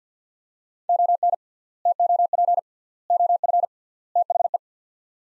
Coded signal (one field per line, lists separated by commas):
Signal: Morse code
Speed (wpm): 50 wpm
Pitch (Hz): 700 Hz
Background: none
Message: ON TOP OF THE